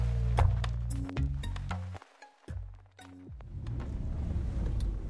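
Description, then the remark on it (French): A car's low engine rumble shifts in pitch as it parks in a farm courtyard, with a few sharp metallic clinks and thunks, a brief quiet gap, then steady rough idling. “Aujourd'hui, quatrième épisode, on se gare dans la cour.”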